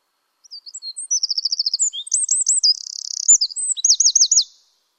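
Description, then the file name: Eurasian wren song: one loud, high, rapid phrase of about four seconds, mixing sharp notes, fast rattling trills and looping warbled notes. The background is silent. "Troglodytes troglodytes"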